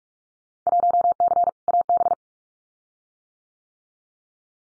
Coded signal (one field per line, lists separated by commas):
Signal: Morse code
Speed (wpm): 44 wpm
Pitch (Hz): 700 Hz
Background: none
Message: 1C AB